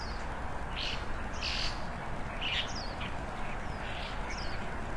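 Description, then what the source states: Birds chirping in short bright bursts, several calls spread throughout over a steady low rumble. Birds frolicking on branches, early morning, in front of a rural country house, heard through an opened window; harmonious, quiet setting.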